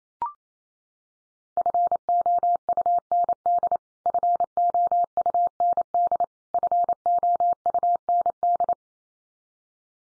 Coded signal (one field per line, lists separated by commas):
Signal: Morse code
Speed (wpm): 28 wpm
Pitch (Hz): 700 Hz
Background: none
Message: FOUND FOUND FOUND